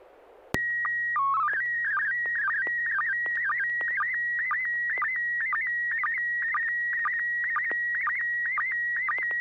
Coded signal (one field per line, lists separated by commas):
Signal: SSTV (slow-scan television)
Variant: PD 120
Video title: N6NA SSTV Net - 10/25/2023